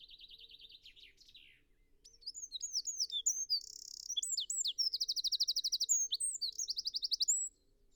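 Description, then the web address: Eurasian wren song: a softer lower trill opens, then a loud high sequence of sharp chirps, a buzzy rattle and fast rolling trills. "SETE Troglodytes troglodytes"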